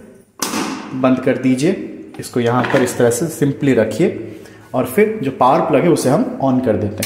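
The hinged lid of a Butterfly stainless-body electric kettle, just filled with water, is pressed shut. It closes with a short thud at 0.4 s, and someone talks throughout.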